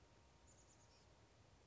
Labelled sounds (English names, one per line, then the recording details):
Chestnut-backed Chickadee
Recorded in Sonoma County, California